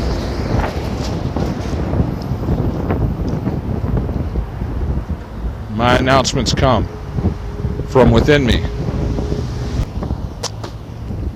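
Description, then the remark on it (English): Strong wind in a dust storm buffets the microphone with a constant, heavy low rumble that swells and dips in gusts, while a person speaks briefly over it. “Got really windy there.”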